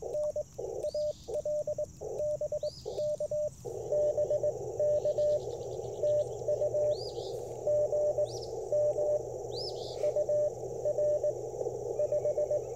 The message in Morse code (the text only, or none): N AL BK BK TU GM UR 5